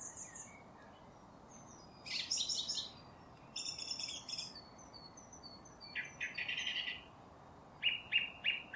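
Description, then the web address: Song thrush song in scattered bursts: high chirpy notes, a rattling phrase, then three short clear notes near the end, separated by brief pauses. "cianscape birddata Deverinetal 2025"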